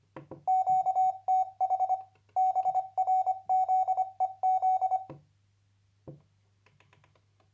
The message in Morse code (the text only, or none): QTH BRZEZ